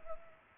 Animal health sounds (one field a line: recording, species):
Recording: mosquito wingbeat signal from an infrared sensor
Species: Culex pipiens